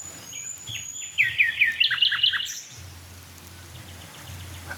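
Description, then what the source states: Common Nightingale song phrase: a thin high whistle, then a quick run of downslurred notes and a series of upslurred notes, before falling silent. Singing at a dead oak in a hedge near barns, which gives the song a noticeable reverb or echo.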